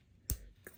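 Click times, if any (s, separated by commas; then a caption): 0.3 s. A plastic minifigure arm is pushed into the torso's shoulder socket after an earlier attempt came apart. A sharp click at 0.3 s marks the arm snapping into place, followed by two softer ticks. The arm is seated.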